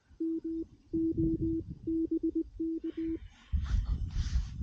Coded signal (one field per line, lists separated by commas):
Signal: Morse code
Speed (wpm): 20 wpm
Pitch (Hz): 330 Hz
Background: none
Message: MO BK